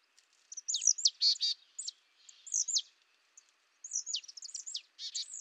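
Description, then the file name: Marsh tit calling with clusters of high, slurred notes mixed with short buzzy rasps, in two lively bursts separated by a brief pause. "Poecile palustris"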